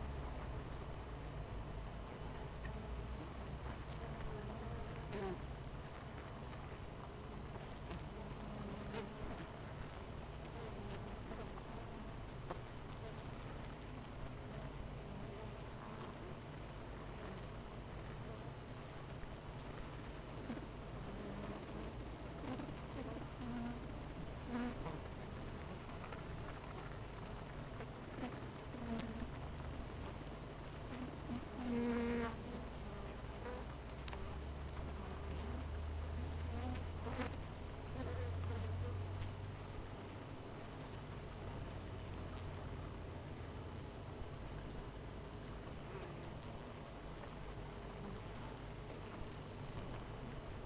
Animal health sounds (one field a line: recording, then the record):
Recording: honeybee colony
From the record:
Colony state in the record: missing queen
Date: 14 July 2017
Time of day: 9:01